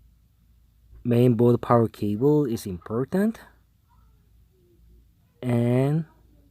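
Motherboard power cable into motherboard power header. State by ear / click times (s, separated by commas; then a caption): not seated / none. The motherboard power cable is handled at the motherboard power header as someone talks in short bursts from about 1.1 to 3.4 seconds and again around 5.5 to 6.0 seconds. The cable has not seated or clicked into the header yet.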